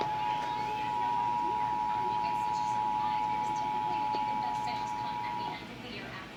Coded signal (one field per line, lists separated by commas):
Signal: Emergency Alert System (SAME) tones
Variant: 853 and 960 Hz attention tone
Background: speech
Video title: WHUT DA HECC?! TV EAS: Required Monthly Test (EAS# 133)